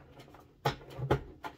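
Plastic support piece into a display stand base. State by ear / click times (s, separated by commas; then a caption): seated / 0.7 s. The other side of a plastic support piece is pushed into the base of a display stand and seats with a small, sharp plastic click at 0.6 s. Softer handling taps come before and after, with another firm knock near 1.1 s and a light tap near 1.5 s.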